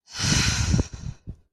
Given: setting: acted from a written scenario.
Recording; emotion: vocal sound without words; contentment